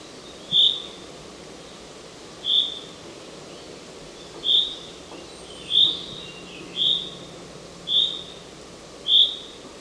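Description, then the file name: Common chaffinch uttering crisp, high single call notes at intervals of one to two seconds, against faint hiss and soft chirps. "Fringilla coelebs"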